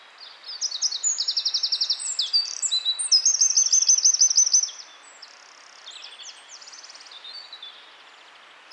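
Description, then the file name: Eurasian wren song: bursts of varied high warbles and quick trills, a long loud rattling trill midway, then quieter twittering phrases over light background hiss. "Troglodytes troglodytes"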